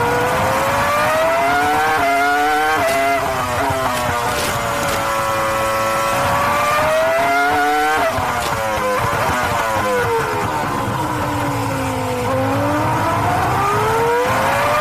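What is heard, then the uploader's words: A Formula One race car's engine whines steadily, its pitch sliding up and down in long sweeps as it accelerates and slows through gears. The tone dips sharply near three and eight seconds, then climbs again, with a low rumble and hiss underneath throughout. Formula One Race Car.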